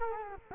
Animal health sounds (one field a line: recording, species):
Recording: mosquito wingbeat signal from an infrared sensor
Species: Culex quinquefasciatus